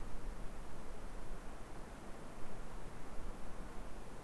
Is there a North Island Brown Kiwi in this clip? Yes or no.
no